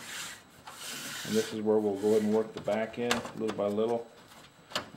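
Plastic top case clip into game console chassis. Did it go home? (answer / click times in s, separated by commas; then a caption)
yes / 4.8 s. The plastic top case of an Xbox 360 console is worked little by little onto the chassis at the back end, with rubbing, scraping plastic sounds while someone talks. A plastic retaining clip snaps into place with a sharp click at 4.8 s, and the case is seated.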